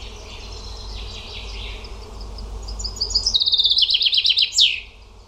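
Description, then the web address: Bird song: a few quiet, thin notes, then a loud, rattling, descending trill that ends in one sharp downward-sweeping note, with low rumble behind. "cianscape birddata Deverinetal 2025 Bird Only"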